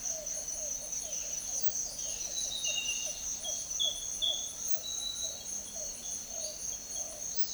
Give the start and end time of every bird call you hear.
0.91s-2.28s: Violaceous Jay

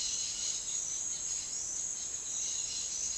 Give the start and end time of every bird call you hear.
0.00s-0.56s: White-throated Toucan
0.00s-3.18s: Cobalt-winged Parakeet

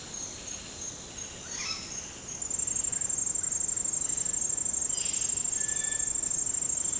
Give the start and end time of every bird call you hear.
0.00s-1.46s: Yellow-tufted Woodpecker
1.50s-1.80s: Dusky-headed Parakeet
2.47s-5.30s: Russet-backed Oropendola
3.96s-5.32s: Violaceous Jay
5.55s-6.10s: Cinereous Tinamou
5.63s-7.00s: Yellow-tufted Woodpecker

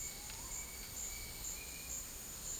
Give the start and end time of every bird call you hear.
0.00s-1.10s: Purple-throated Fruitcrow
0.00s-1.92s: Bright-rumped Attila

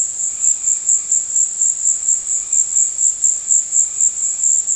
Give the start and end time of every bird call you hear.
0.27s-4.51s: Red-bellied Macaw

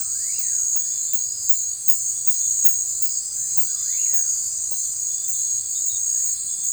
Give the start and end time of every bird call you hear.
0.00s-0.67s: Common Pauraque

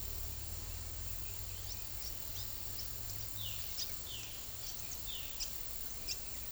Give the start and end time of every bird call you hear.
1.67s-6.51s: Palm Tanager
3.34s-5.30s: Violaceous Jay

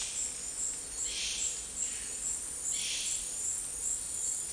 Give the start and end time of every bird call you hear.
0.00s-4.52s: Violaceous Jay

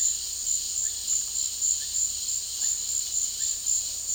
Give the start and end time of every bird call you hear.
0.00s-4.15s: Russet-backed Oropendola

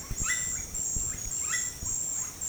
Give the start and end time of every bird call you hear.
0.00s-2.48s: Russet-backed Oropendola

